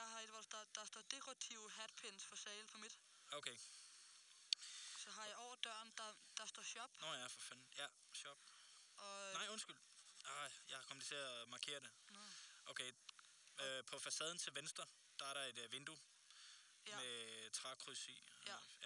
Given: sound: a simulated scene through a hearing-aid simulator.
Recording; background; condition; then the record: conversation; quiet; 75 dB SPL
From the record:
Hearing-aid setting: I (fast-acting compression, audibility-based gain); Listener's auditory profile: B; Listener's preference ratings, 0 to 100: 97, 95, 94